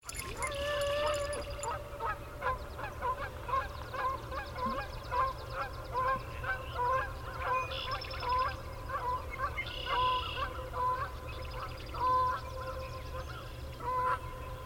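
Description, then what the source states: Canada goose honking, a flock giving repeated nasal honks in a steady stream, with a low rumbling background throughout. Recorded 13 May 2001.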